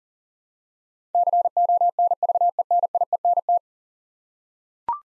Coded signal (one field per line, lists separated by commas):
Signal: Morse code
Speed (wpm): 38 wpm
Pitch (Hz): 700 Hz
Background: none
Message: CONVENIENT